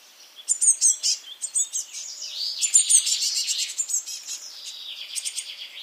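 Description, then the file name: Eurasian blue tit calls: rapid runs of high, sharp notes in short clusters, with softer continuous twittering beneath them. "Cyanistes caeruleus"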